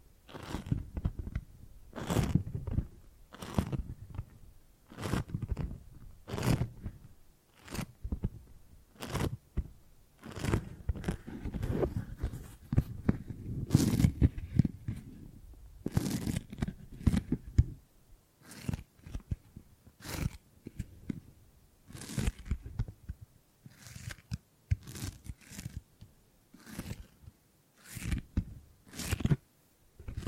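Gripping and grabbing sounds: repeated crunchy, rustling grabs with sharp bright edges, arriving every second or so across the whole stretch. The middle section, around ten to eighteen seconds, gets busier and denser, with quick overlapping crinkles before the grabs thin out again.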